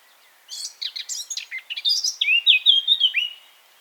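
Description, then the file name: Eurasian blackcap song: a scratchy, chattering warble that breaks into loud, clear fluted whistles near the end, about three seconds of rapid varied notes. "Sylvia atricapilla"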